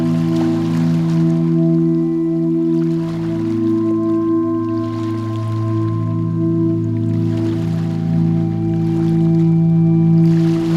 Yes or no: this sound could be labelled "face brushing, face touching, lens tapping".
no